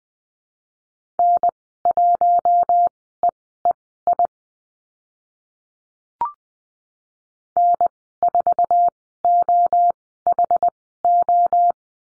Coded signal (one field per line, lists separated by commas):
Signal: Morse code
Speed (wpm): 20 wpm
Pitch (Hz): 700 Hz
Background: none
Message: N1EEI N4OHO